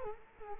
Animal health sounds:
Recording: mosquito wingbeat signal from an infrared sensor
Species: Culex quinquefasciatus

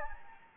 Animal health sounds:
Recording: mosquito wingbeat signal from an infrared sensor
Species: Anopheles gambiae

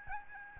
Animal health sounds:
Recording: mosquito wingbeat signal from an infrared sensor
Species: Aedes albopictus

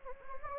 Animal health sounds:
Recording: mosquito wingbeat signal from an infrared sensor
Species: Anopheles gambiae

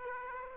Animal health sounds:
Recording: mosquito wingbeat signal from an infrared sensor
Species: Aedes aegypti

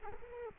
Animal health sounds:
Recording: mosquito wingbeat signal from an infrared sensor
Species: Culex quinquefasciatus

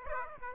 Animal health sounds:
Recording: mosquito wingbeat signal from an infrared sensor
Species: Aedes aegypti

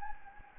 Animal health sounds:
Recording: mosquito wingbeat signal from an infrared sensor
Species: Anopheles gambiae

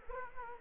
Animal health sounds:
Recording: mosquito wingbeat signal from an infrared sensor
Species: Culex quinquefasciatus

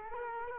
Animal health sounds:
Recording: mosquito wingbeat signal from an infrared sensor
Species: Culex quinquefasciatus

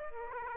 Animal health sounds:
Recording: mosquito wingbeat signal from an infrared sensor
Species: Aedes aegypti

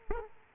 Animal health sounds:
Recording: mosquito wingbeat signal from an infrared sensor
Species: Aedes aegypti

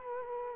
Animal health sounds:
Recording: mosquito wingbeat signal from an infrared sensor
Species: Culex quinquefasciatus

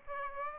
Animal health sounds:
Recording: mosquito wingbeat signal from an infrared sensor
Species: Aedes aegypti

